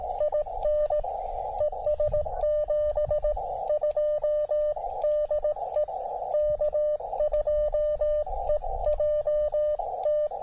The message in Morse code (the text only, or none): IN ES 72 DE K2EJT